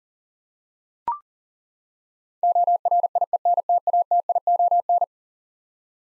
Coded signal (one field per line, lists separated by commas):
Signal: Morse code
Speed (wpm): 38 wpm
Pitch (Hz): 700 Hz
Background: none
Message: ORIENTATION